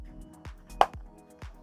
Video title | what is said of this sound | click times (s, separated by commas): Meta Quest 3 (512GB) Detailed UNBOXING & Device First Look - ZENNI VR Lens Review & Installation | There we go, I heard a click. | 0.8 s